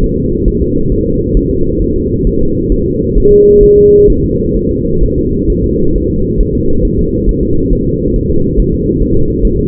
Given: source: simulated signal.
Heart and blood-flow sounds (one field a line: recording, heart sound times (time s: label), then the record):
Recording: fetal heart sounds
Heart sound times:
0.04 s: S1
0.18 s: S2
0.48 s: S1
0.62 s: S2
0.92 s: S1
1.06 s: S2
1.37 s: S1
1.51 s: S2
1.82 s: S1
1.96 s: S2
2.27 s: S1
2.41 s: S2
2.72 s: S1
2.86 s: S2
3.17 s: S1
3.32 s: S2
3.63 s: S1
3.78 s: S2
4.10 s: S1
4.24 s: S2
4.57 s: S1
4.71 s: S2
5.04 s: S1
5.18 s: S2
5.50 s: S1
5.64 s: S2
5.96 s: S1
6.10 s: S2
6.41 s: S1
6.55 s: S2
6.85 s: S1
6.99 s: S2
7.29 s: S1
7.43 s: S2
7.73 s: S1
7.87 s: S2
8.16 s: S1
8.31 s: S2
8.60 s: S1
8.74 s: S2
9.03 s: S1
9.17 s: S2
9.45 s: S1
9.59 s: S2
From the record:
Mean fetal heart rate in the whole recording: 135 bpm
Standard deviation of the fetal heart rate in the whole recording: 3 bpm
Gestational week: 36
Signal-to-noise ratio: -16.4 dB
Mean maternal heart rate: 72 bpm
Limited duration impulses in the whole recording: present